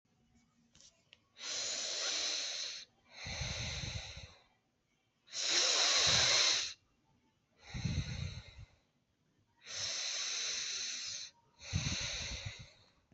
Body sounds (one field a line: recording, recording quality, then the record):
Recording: shallow breathing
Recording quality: excellent, no background noise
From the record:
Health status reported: COVID-19 positive, mild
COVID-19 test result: positive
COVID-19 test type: RT-PCR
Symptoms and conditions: cough, cold, sore throat, fever, fatigue, muscle pain, diabetes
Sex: female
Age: 49 years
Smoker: no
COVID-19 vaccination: both doses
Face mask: worn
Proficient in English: yes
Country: India